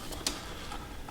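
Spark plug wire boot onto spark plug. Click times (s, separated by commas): 0.3 s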